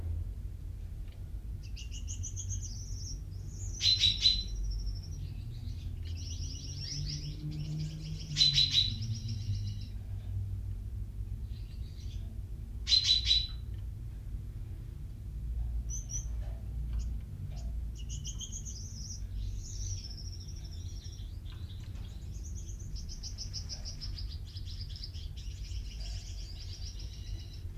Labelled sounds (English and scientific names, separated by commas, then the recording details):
Common Chaffinch (Fringilla coelebs)
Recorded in captivity
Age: adult
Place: Minden (Westfalen), Nordrhein-Westfalen, DE
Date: 1970
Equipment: Uher 4000 Report-S, Bändchenmikro Beyer M 260, Parabolspiegel Polyester (470 mm)
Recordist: Conrads, Klaus